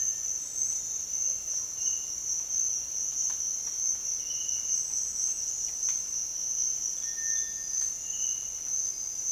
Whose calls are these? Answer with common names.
Cinereous Tinamou